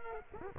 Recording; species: mosquito wingbeat signal from an infrared sensor; Culex quinquefasciatus